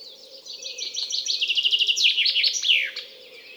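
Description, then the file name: Common chaffinch song, a cascading series of quick high notes descending steadily before a loud twisting terminal flourish, with a soft steady hum beneath. "Fringilla coelebs"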